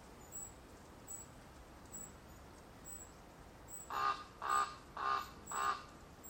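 Raven giving four hoarse, evenly spaced croaking calls about half a second apart after a quiet stretch, over steady background hiss.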